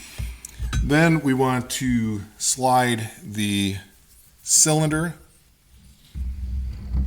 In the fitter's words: locks into place there on this middle barrel band.